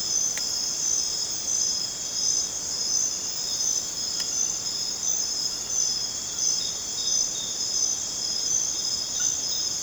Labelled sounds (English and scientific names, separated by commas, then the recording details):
none
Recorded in dense forest near Puerto Asís, Putumayo, Colombia, on 27 June 2025 at 22:30
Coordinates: 0.484, -76.317
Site G045